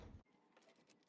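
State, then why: Not seated. A plastic wire connector is being handled and pressed toward its mounting clip on a Whirlpool/Maytag/Kenmore washer that is not starting. A loud low rumble fills the first 0.2 seconds, then drops to quiet rustling and faint handling noise. Nothing has seated or clicked yet.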